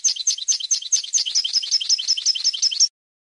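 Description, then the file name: European goldfinch song of fast, repeated sparkling chirps in an even, lively stream for about three seconds, then silence. "audio burung goldfinch"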